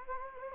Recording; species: mosquito wingbeat signal from an infrared sensor; Anopheles gambiae